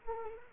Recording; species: mosquito wingbeat signal from an infrared sensor; Culex quinquefasciatus